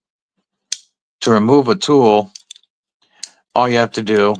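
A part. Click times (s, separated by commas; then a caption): 0.7 s. The unlock/release button on the handle of a multi-tool knife that holds interchangeable tool inserts is pushed all the way in, giving a single sharp click at 0.7 s. Someone talks, and a few softer clicks follow around 2.5 s and 3.2 s. The button releases, freeing an interchangeable tool for removal.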